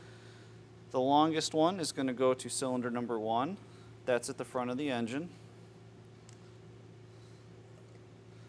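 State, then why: Not seated. A rubber-insulated spark plug wire, the longest one for cylinder number 1 at the front of a Honda engine, is handled near its plastic wire holder while someone talks over a steady low hum. The wire has not yet snapped into the holder; nothing has seated or clicked.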